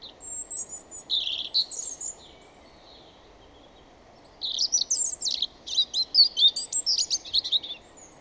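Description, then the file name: European robin singing two high, varied phrases of trills and sweet thin notes, separated by a two-second silence; the second phrase is longer and richer. "Erithacus rubecula"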